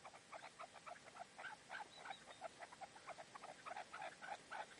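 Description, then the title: Partridge or tinamou giving dense, rapid chattering calls, many short harsh notes overlapping in quick succession throughout. "Canto de Perdiz. CANTO DE LA PERDIZ"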